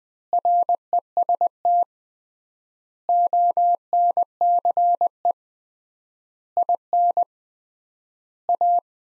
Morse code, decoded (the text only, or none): REST ONCE IN A